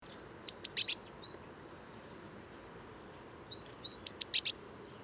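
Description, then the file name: Eurasian blue tit calls: two bursts of thin, high, downslurred notes followed by quick buzzy chips, with a few soft rising notes between, over steady background hiss. "Cyanistes caeruleus"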